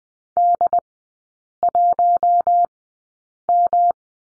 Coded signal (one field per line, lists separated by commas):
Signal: Morse code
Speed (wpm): 20 wpm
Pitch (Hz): 700 Hz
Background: none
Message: D1M